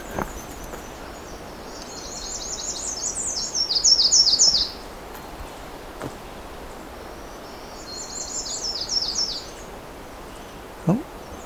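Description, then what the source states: Redstart song: a rapid run of thin, very high slurred notes, repeated once after a pause, with a soft thump near the end. Bird repeating his song during a listening stop on a trail walk; redstarts have many song variations, generally short.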